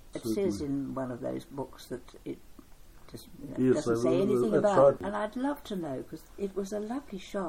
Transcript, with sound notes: It says in one of those books that it just… [speaking together] it doesn’t say anything about… and I’d love to know, because it was a lovely shop.